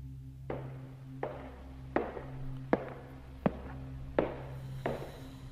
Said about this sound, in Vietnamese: Tiếng động dần dần trở nên rõ ràng, nhưng không phải là phát ra từ TV, mà âm thanh phát ra từ chính trong căn phòng này vậy. Là có người đang đi lại ở trong phòng. Tiếng bước chân cách Hàn Phi càng lúc càng gần.